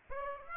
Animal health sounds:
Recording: mosquito wingbeat signal from an infrared sensor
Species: Aedes aegypti

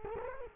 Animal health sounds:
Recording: mosquito wingbeat signal from an infrared sensor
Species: Culex quinquefasciatus

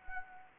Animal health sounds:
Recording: mosquito wingbeat signal from an infrared sensor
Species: Anopheles gambiae

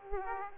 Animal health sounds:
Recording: mosquito wingbeat signal from an infrared sensor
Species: Aedes aegypti

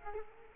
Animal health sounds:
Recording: mosquito wingbeat signal from an infrared sensor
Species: Culex quinquefasciatus

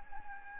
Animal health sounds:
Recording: mosquito wingbeat signal from an infrared sensor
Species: Anopheles gambiae

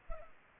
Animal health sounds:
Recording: mosquito wingbeat signal from an infrared sensor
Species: Culex pipiens

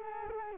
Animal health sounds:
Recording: mosquito wingbeat signal from an infrared sensor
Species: Culex quinquefasciatus

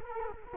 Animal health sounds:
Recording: mosquito wingbeat signal from an infrared sensor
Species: Culex quinquefasciatus

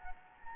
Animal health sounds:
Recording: mosquito wingbeat signal from an infrared sensor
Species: Anopheles gambiae

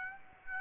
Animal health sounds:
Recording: mosquito wingbeat signal from an infrared sensor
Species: Aedes aegypti

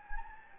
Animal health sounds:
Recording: mosquito wingbeat signal from an infrared sensor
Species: Anopheles gambiae

